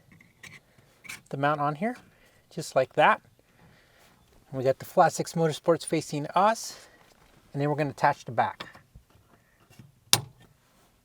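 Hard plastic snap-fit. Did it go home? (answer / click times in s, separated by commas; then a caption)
yes / 10.1 s. Someone talks while the back half of a two-piece 3D-printed plastic GoPro camera mount is pressed onto the front half around the rear support bar of a Porsche Cayman (981), with the flat-6 motor supports facing forward. A single loud, sharp click at 10.1 s marks the back piece seating firmly in place.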